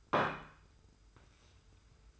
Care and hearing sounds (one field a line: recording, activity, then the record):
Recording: daily activity, microphone in the room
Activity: place plate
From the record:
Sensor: 2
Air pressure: 990.7 hPa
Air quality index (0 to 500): 154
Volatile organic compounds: 487 ppm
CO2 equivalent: 4802 ppm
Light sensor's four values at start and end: 25/59/24/24 and 20/45/19/19